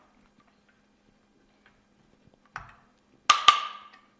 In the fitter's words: that it's reached the full tightness, and you'll hear that click out here in just a moment.